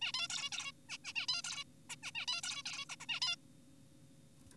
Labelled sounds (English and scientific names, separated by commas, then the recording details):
Zebra Finch (Taeniopygia guttata)
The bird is an adult
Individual g4p5U